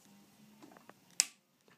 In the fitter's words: and you hear it click